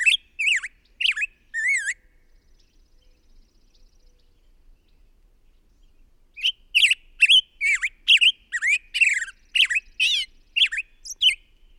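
Bird song beginning with a few squeaky chirps, a long silent gap, then a rapid burst of squeaky chirping notes.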